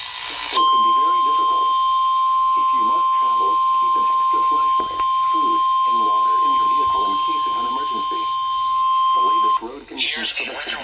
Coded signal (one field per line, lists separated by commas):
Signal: Emergency Alert System (SAME) tones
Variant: 1050 Hz attention tone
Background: speech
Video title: Winter Storm Demi Passing By. | EAS Alerts from 1/18/25 | EAS#1,624-1,637